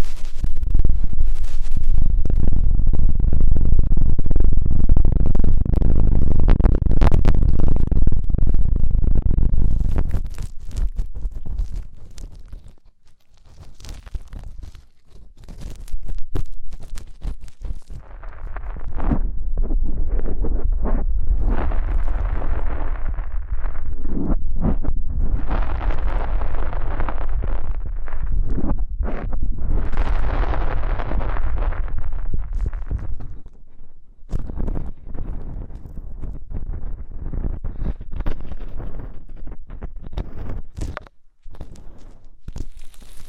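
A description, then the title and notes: Deep ear cleaning: a heavy, muffled rumble fills the first ten seconds, then drops away to brief scratchy taps. From about 17 to 33 seconds dense crackling and rubbing return, thinning afterward into sparse clicks and soft scrapes. ASMR INTENSE Deep Ear Cleaning (No Talking).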